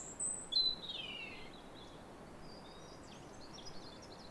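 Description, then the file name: European robin song opening with a brief high thin whistle and a falling twittered phrase, then scattered faint high notes over hiss. "Erithacus rubecula"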